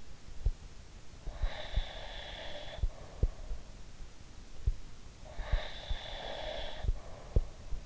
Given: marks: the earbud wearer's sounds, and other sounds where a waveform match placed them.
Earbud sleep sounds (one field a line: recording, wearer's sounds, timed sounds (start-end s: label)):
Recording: sounds in sleep by an in-ear microphone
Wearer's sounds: breath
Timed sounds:
1.23-3.54 s: breath
5.36-7.86 s: breath